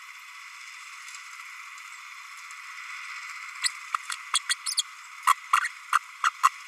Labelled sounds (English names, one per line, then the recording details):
Green-rumped Parrotlet babbling
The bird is a female
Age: 32 days
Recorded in a nest box in Venezuela
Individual 17B32A5